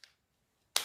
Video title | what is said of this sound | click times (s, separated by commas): #Ken barbie's boyfriend & Amazing Bird 🐦with beautiful sounds | snapped in place. | 0.8 s